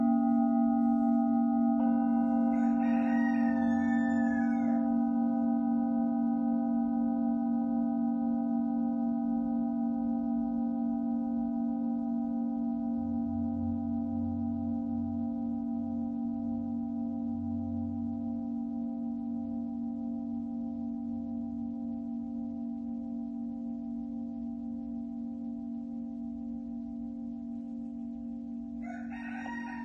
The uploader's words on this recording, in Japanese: メキシコから シンギングボウルのサウンドヒーリング。